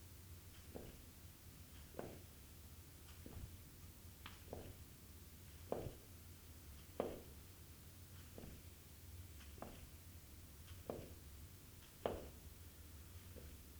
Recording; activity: daily activity, guitar pickup as the sensor; jump